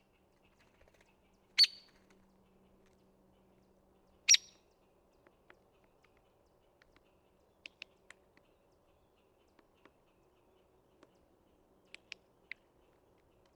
Hairy Woodpecker call recorded in Upper Beaver Meadows in Rocky Mountain National Park.